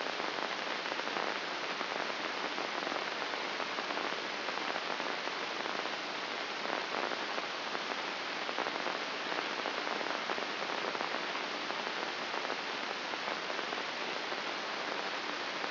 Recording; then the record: brain microelectrode recording played as sound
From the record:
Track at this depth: inside the subthalamic nucleus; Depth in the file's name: 6.029 mm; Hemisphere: left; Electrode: 2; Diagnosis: Parkinson's disease